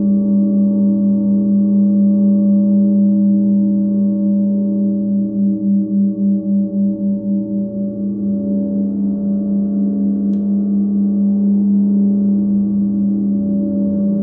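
A gong rings in a long, steady, low hum that fills the whole clip with no fresh strike. Its tone is mellow and dark, with a few softer overtones above. Between about five and eight seconds the sound throbs in quick, even pulses before settling again.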